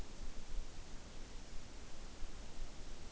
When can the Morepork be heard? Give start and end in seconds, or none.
none